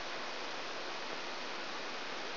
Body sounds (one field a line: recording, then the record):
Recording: brain microelectrode recording played as sound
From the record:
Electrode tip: outside the subthalamic nucleus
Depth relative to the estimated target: 2.6 mm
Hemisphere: right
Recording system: AlphaMap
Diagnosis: Parkinson's disease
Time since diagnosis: 9 years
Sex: female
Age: 63 years